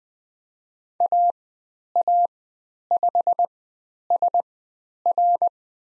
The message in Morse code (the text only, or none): AA5SR